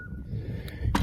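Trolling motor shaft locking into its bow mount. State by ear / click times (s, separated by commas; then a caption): seated / 1.0 s. A Lowrance GHOST bow-mount trolling motor is lowered into the water, and its shaft locks into the deployed position on the bow mount with a sharp, loud click at 0.9 s. A faint tick comes at 0.7 s over a steady low rumble. The mount is seated in the deployed position.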